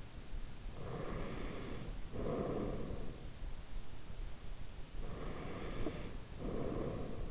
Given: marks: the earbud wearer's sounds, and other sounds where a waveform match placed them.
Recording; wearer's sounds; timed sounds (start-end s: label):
sounds in sleep by an in-ear microphone; breath
0.78-3.32 s: breath
4.89-7.31 s: breath